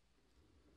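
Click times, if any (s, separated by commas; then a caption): none. An alternate plastic head is being pushed onto an action figure's ball-joint neck. Only faint, low handling noise is heard, with no sharp onset. Nothing has popped or seated yet.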